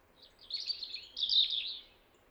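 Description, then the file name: European robin song, one rich, high phrase of fast twittering and trilled notes lasting about a second and a half over faint hiss. "Erithacus rubecula"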